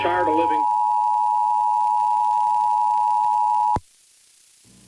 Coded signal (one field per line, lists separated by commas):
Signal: Emergency Alert System (SAME) tones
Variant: 853 and 960 Hz attention tone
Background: speech